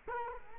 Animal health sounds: mosquito wingbeat signal from an infrared sensor; Culex quinquefasciatus

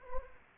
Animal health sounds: mosquito wingbeat signal from an infrared sensor; Anopheles gambiae

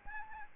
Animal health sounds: mosquito wingbeat signal from an infrared sensor; Aedes albopictus

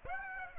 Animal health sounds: mosquito wingbeat signal from an infrared sensor; Aedes aegypti

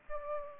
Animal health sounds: mosquito wingbeat signal from an infrared sensor; Aedes aegypti

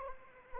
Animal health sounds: mosquito wingbeat signal from an infrared sensor; Anopheles arabiensis

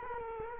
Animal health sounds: mosquito wingbeat signal from an infrared sensor; Culex quinquefasciatus

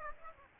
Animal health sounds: mosquito wingbeat signal from an infrared sensor; Aedes aegypti

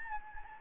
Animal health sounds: mosquito wingbeat signal from an infrared sensor; Anopheles gambiae

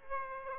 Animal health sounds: mosquito wingbeat signal from an infrared sensor; Aedes aegypti

